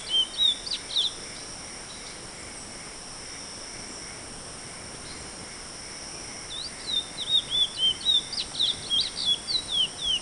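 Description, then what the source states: Chestnut-bellied seed finch song: a brief whistled phrase at the start, silence, then a longer tumbling series of bright slurred whistles; steady high hiss behind. Song; recorded 28 May 2011.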